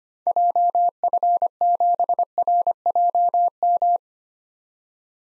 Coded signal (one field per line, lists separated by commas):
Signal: Morse code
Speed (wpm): 25 wpm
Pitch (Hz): 700 Hz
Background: none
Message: JF7RJM